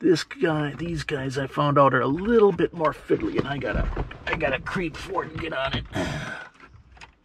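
Someone talks while reconnecting the fiddly wiring harness plug, an electrical connector, into the passenger blend air door actuator motor of a Ford F150 with center console and navigation, working blind by feel. A faint knock sounds at 7.0 s as the clip ends, but the connector has not clicked in or seated yet.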